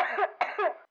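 Two quick coughs from an adult in under a second, each a sharp burst trailing into a rough, voiced tail. A wet, productive cough, signalling mucus in the airways, as is typical of bronchiectasis.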